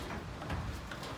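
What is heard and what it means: A 2020 Cimarron 2+1 horse trailer's aluminum stall divider is being slid along its track toward its latch, with a steady scraping, sliding rumble and a brief sharper tick near 0.9 seconds. Nothing has seated or latched into place yet.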